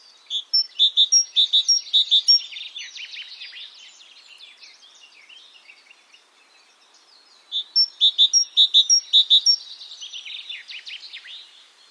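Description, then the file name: Great tit repeating a two-part ringing phrase several times in quick succession, then a gap filled with faint background twittering, before the phrase series returns. "Parus major"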